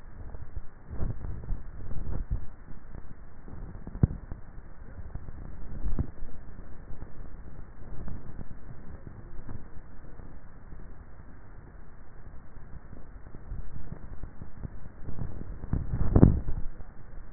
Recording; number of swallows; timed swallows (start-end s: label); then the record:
swallowing sounds by neck microphone; 2
1.12-2.02 s: swallow
15.35-16.08 s: swallow
From the record:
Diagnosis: dysphagia